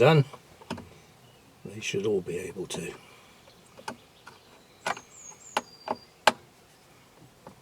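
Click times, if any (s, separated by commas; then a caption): 6.3 s. A specialised removal tool is worked very slowly onto a car component, producing faint taps and scrapes while someone talks. At 6.3 s it suddenly clicks into place with a sharp, loud click, and the tool is seated.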